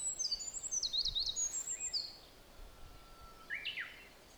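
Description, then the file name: Olive-backed Pipit song: a two-second run of high, buzzy trills and sharp slurred notes, then a pause and a single lower phrase. Recorded at Mt Hinoki. "Indian Tree Pipit At Mt Hinoki"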